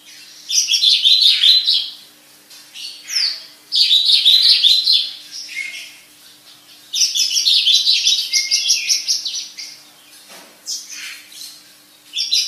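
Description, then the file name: Javan bush lark song delivered in loud high-pitched bursts of chattering trills and chirps, separated by quieter gaps of a second or two. Lure call to prompt a Javan bush lark that has stopped singing to sing again. "suara pancingan branjangan macet bunyi"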